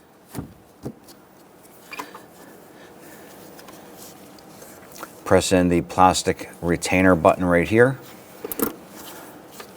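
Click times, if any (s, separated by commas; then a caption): 8.5 s. A plastic push-in retainer button securing the front ABS speed sensor wiring on a 2011-2021 Jeep Grand Cherokee is pressed into its bracket hole while someone talks. A few light taps come first, then a sharp click at 8.5 s as the retainer seats.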